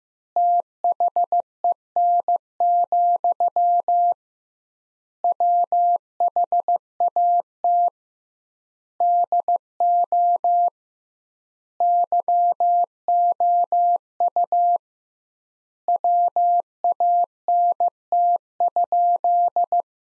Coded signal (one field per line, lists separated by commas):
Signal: Morse code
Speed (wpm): 15 wpm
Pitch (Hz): 700 Hz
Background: none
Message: THEN, WHAT DO YOU WANT?